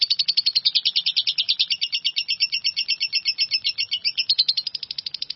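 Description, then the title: Bird song: a dense, high chattering trill of quick pulses, wavering in pitch and strength for about five seconds. "burung online"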